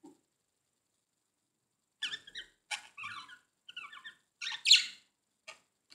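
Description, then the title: Budgerigar chatter: scattered short squeaky, buzzy high notes in loose bursts after a quiet start, with one louder harsh squawk near the end. "Budgie Sounds"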